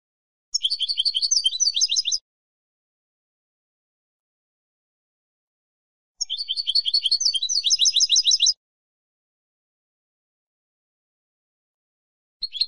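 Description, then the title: European goldfinch song in two bursts of dense, tinkling twitters about two seconds long each, separated by a four-second silence, with a brief note at the end. "Jilguero"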